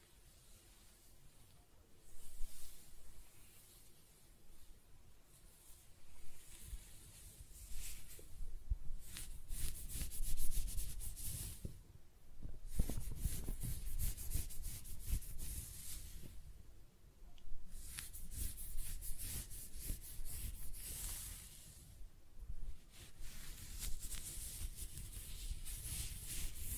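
Close-up hair being scratched, brushed and stroked in bursts of dense, bright rustling, quieter gaps between strokes, louder passages around 8–12 and 18–24 seconds.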